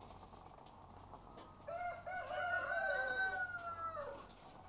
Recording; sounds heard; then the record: poultry house recording; sick chickens (respiratory disease)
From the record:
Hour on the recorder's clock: 12